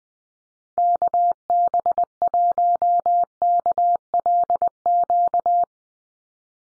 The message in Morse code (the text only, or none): KB1KLQ